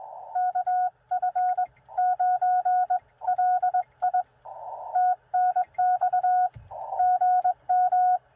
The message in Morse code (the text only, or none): KF9LI TNX GM